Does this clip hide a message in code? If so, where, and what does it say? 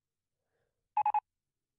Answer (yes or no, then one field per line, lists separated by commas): no